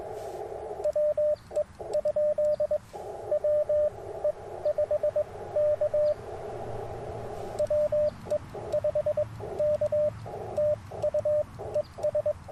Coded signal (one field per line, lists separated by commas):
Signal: Morse code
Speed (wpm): 21 wpm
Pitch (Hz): 590 Hz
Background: radio noise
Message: WE? WE5K WE5K TU ES